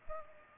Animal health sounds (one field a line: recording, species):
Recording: mosquito wingbeat signal from an infrared sensor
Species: Culex pipiens